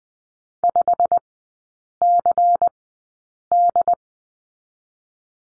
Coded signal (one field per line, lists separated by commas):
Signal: Morse code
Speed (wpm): 20 wpm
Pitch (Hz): 700 Hz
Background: none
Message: 5CD